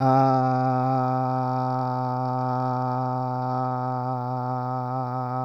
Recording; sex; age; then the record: sustained vowel /a/; male; 20 to 29 years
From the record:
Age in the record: 26 years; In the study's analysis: included